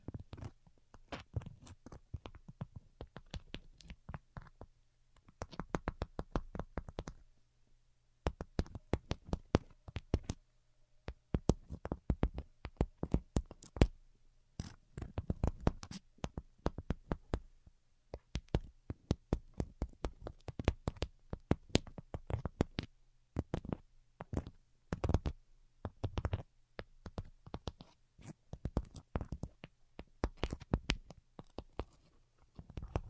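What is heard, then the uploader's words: Delicate tapping comes in quick, irregular bursts of crisp clicks with brief pauses, over a faint steady low hum throughout. Most Delicate and Calming Tapping.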